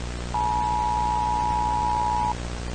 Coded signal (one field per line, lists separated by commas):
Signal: Emergency Alert System (SAME) tones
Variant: 853 and 960 Hz attention tone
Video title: EAS Scenario